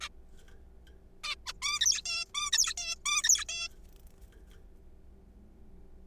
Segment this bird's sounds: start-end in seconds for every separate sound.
0.01-0.08, 1.24-1.35, 1.46-1.53, 1.62-2.01, 2.06-2.25, 2.35-2.50, 2.53-2.74, 2.77-2.96, 3.06-3.23, 3.24-3.45, 3.49-3.68